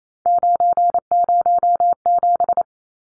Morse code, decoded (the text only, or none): 907